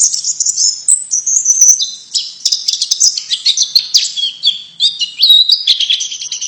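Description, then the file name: White-eye calling with high, thin twitters and whistled slurs, rapid and unbroken from start to finish. Female bird; Indonesian name pleci. "suara pleci betina"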